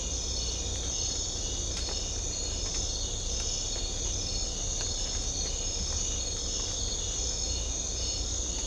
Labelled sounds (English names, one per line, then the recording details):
none
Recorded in secondary vegetation near Puerto Asís, Putumayo, Colombia, on 18 December 2024 at 02:00
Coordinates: 0.500, -76.326
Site G065